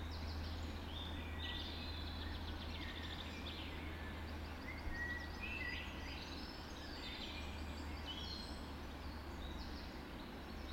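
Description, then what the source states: Birds in a dawn chorus, mixed high whistles and chattering songs from several singers over a steady low hum. Dawn chorus recorded just after dawn in the Forest of Dean.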